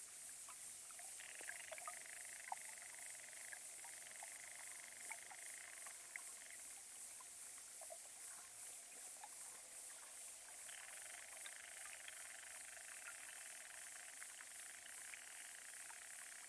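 Underwater recording from a small pond, filled with a dense, steady fizz of fine clicks and crackles in the upper range. Scattered sharper ticks and pops stand out now and then, and a thin tonal whine rises and fades twice, around two and eleven seconds.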